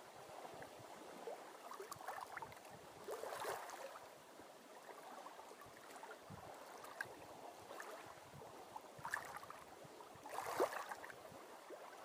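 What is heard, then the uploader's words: Water on a lake in Maine, a soft steady wash of lapping and small splashes with a rowing or paddling feel. Louder swishes come around three seconds and again near ten seconds, with a brief bright chirp or squeak near the end. 3day 湖 Appalachian trail 2016 Lake.sound meditation. 9月、メイン州の湖にて。 On a lake in Maine.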